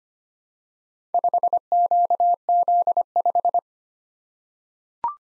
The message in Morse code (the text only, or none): 5QZ5